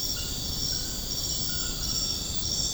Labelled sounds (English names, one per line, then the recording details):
none
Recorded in secondary vegetation near Puerto Asís, Putumayo, Colombia, on 20 February 2024 at 01:00
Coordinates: 0.472, -76.331
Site G6371